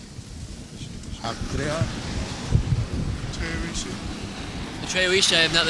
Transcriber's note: loud waves drown out voices